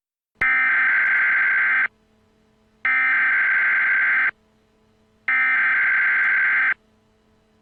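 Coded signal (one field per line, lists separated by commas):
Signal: Emergency Alert System (SAME) tones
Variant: header bursts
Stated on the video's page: Remake of an Amber Alert, not an original broadcast.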